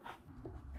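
A metal retaining clip for a RealTruck TruXedo Sentry CT hard roll-up tonneau cover is handled at the front header rail of a 2024 Toyota Tacoma pickup bed, where the rail is dropped into the header hole and leveled before the clip is pushed toward it. Low handling noise continues throughout, with a brief sharp sound at about 0.5 s. Nothing has seated or clicked yet.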